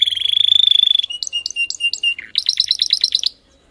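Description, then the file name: Canary (Spanish Timbrado): canary song: a steady fast trill, then evenly spaced clipped notes and a brisk series of bright chirps before it stops. Spanish Timbrado breed of domestic canary, called canário belga in the Portuguese title; singing. "canto do canario belga timbrado espanhol"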